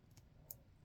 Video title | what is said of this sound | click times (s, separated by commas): Daisy 499B - Trigger Details | and you just manipulate that spring down until you hear a click | 0.5 s